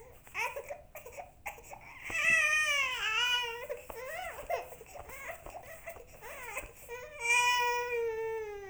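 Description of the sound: An infant cries in several rising and falling wails, with shorter fussy bursts between them. The voice is high and clear, with a strong, rich tone. This is an ordinary baby cry.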